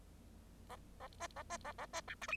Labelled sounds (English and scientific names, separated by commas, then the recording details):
Bengalese Finch (Lonchura striata domestica) song
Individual Bird0